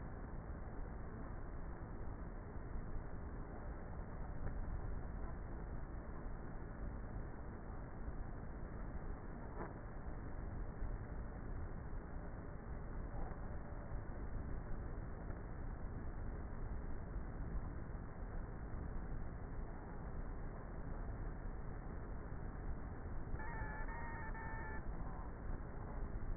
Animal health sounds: honeybee colony, microphone inside the hive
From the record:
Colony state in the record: queenless with a low population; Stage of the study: before two queens were removed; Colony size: about 30,000 bees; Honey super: no

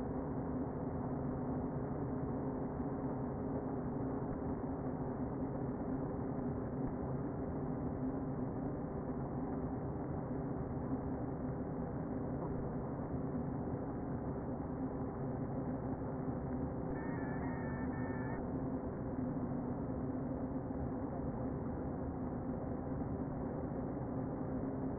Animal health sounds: honeybee colony, microphone inside the hive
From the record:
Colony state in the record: queen present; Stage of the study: before two queens were removed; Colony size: about 60,000 bees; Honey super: yes

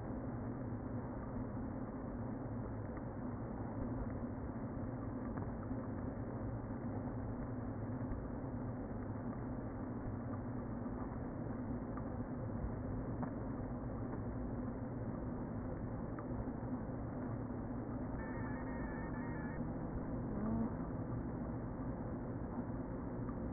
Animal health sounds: honeybee colony, microphone inside the hive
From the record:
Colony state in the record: queen present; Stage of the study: before two queens were removed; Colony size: about 60,000 bees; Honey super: yes

